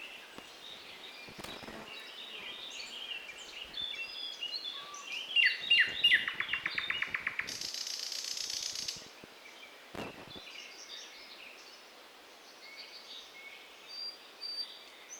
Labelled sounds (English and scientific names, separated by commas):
Thrush Nightingale (Luscinia luscinia) song